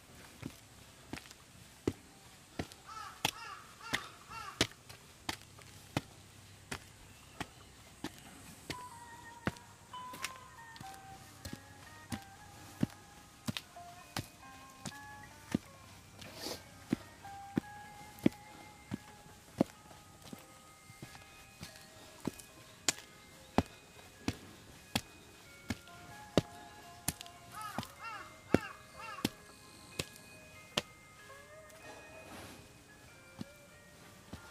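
Crisp footsteps tap along a summer mountain path at an uneven pace, while birds sing and call on and off.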